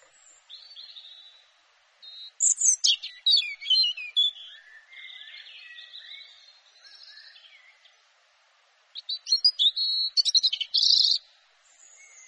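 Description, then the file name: European robin song in two loud, tumbling phrases of rapid high notes and trills, separated by quieter, thin, sliding whistles. "canto do pisco de peito ruivo"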